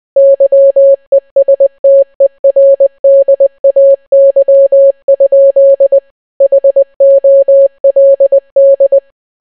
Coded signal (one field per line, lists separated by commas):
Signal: Morse code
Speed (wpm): 20 wpm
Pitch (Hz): 550 Hz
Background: none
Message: YESTERDAY? HOLD